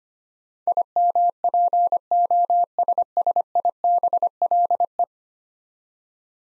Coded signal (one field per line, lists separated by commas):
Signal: Morse code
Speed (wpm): 25 wpm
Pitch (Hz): 700 Hz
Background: none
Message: IMPOSSIBLE